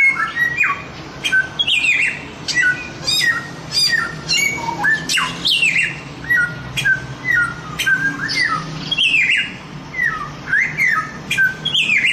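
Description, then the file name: Chinese grosbeak delivering a long varied song of piping whistles and harsh sliding calls, repeated in uneven bursts. Masteran song-training recording of Chinese grosbeak (samyong). "masteran samyong omkicau"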